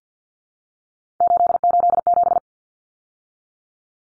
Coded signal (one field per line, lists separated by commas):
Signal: Morse code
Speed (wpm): 50 wpm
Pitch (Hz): 700 Hz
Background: none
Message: 887